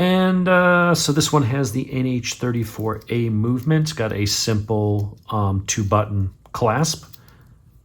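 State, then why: Not seated. Someone talks while handling a Pagani Designs PD-1667-G watch with an NH34A movement and a simple two-button deployant clasp on its metal bracelet. The clasp is about to be closed into its locked position, but nothing has seated or clicked yet.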